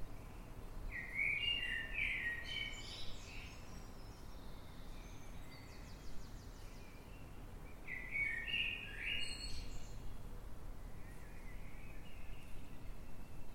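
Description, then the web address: Eurasian blackbird sings two warbled phrases about seven seconds apart, over a continuous low background rumble. Blackbird singing in the dead of night, 3:50 am, 9 March 2026, London, UK. "Blackbird Dead Of Night. london uk. by eleanor mcdowall"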